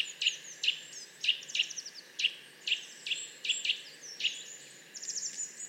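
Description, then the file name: Eurasian nuthatch giving a series of clear piping notes, with high descending twittering phrases mixed in. "Sitta europaea"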